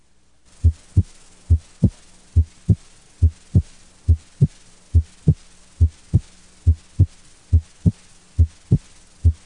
Increased intensity of P2. Congestive heart failure, mitral stenosis, and other diseases can increase the intensity of P2. When P2 increases in intensity, it is sometimes heard over the mitral area and along the left sternal border.